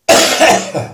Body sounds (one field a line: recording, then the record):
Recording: coughing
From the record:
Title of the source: Cough Around the Clock!